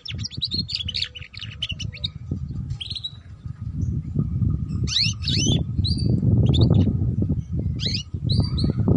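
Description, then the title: Canary song, chattering phrases followed by spaced sweeping whistled notes, set against a loud low rumbling background. Belgian canary; meant to warm up and stimulate singing, used as a lure to teach canaries the ngeriwik sound. "Canto Para Esquentar Canário Belga. Suara Kenari Belajar Bunyi Ngeriwik || Cocok Untuk Pancingan Kenari Ngeriwik"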